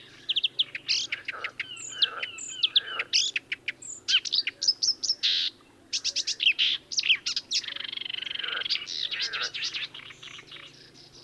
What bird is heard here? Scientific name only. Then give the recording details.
Acrocephalus palustris. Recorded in the wild. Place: Lütow, Insel Usedom, Mecklenburg-Vorpommern, DE. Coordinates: 54.032, 13.888. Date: 1975-06-13 03:30. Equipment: Nagra III BH, Sennheiser MD 21, parabola. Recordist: Schubert, Michael. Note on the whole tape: Gesang Sumpfrohrsänger